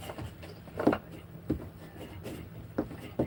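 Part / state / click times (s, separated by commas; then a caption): boat equipment part into its mount / not seated / none. During onboard maintenance, a boat equipment part is handled and pressed into its mount so its screw holes will line up. Several dull knocks land at about 0.9, 1.5, 2.8 and 3.2 seconds over a steady low hum. Nothing has seated or snapped into place yet.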